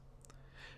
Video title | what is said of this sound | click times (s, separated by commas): Handicare SystemRoMedic™ ThoraxSling | and then let go of the knob ensuring that it clicks into place | 0.2 s, 0.3 s